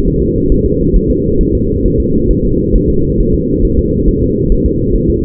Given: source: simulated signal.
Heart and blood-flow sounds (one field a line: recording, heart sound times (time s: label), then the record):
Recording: fetal heart sounds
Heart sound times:
0.08 s: S1
0.22 s: S2
0.52 s: S1
0.66 s: S2
0.96 s: S1
1.11 s: S2
1.41 s: S1
1.55 s: S2
1.86 s: S1
2.00 s: S2
2.31 s: S1
2.45 s: S2
2.76 s: S1
2.90 s: S2
3.20 s: S1
3.34 s: S2
3.65 s: S1
3.79 s: S2
4.09 s: S1
4.23 s: S2
4.52 s: S1
4.66 s: S2
4.96 s: S1
5.10 s: S2
From the record:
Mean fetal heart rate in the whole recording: 135 bpm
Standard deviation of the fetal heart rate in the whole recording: 3 bpm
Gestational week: 36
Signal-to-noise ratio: -15.3 dB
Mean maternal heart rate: 72 bpm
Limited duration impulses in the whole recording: present